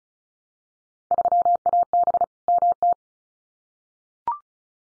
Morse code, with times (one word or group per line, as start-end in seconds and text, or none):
1.1-2.2 3AB
2.5-2.9 MT